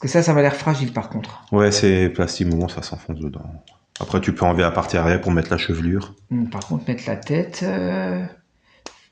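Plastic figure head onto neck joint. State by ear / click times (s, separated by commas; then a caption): seated / 8.9 s. Someone talks while handling a purple plastic CangDao TIAN WEI (CD-08) MUSHA "Scorpion Samurai" Gundam mecha action figure. The figure's head is pushed onto its neck joint and snaps home with a sharp click at 8.9 s, seating it.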